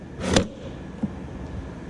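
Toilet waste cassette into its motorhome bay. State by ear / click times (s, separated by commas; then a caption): seated / 0.4 s. After being rinsed with blue fluid, a plastic toilet waste cassette is slid back into its bay on a Bürstner Harmony motorhome. A single sharp click at 0.4 s shows it has latched home, followed by a fainter knock near 1.0 s over a low background hum.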